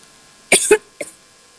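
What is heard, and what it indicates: A short, forceful cough burst with a double pulse from an adult woman, followed by a smaller second cough, about two coughs in under a second. The coughs are noisy and unvoiced, with no wheeze or whoop. Coughing during conversation.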